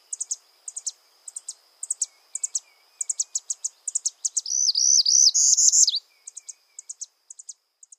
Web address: Northern Parula